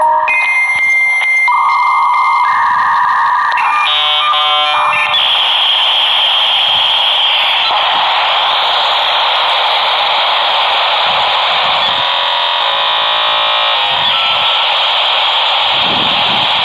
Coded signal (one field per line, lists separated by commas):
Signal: dial-up modem handshake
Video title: dial up sound effects (part 1)